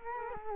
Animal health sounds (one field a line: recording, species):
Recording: mosquito wingbeat signal from an infrared sensor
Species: Culex quinquefasciatus